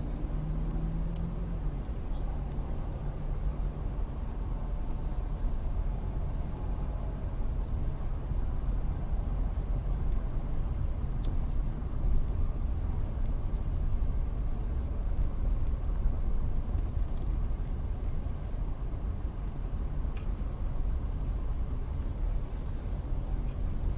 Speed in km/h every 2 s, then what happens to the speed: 8, 10, 10, 11, 11, 11, 10, 10, 10, 10, 11, 11.
0-24 steady at about 10.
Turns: 14-19.